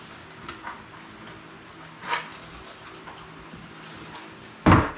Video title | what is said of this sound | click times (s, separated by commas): putting together a jester EZ nuc | snap in, nice positive snap into place. | 4.7 s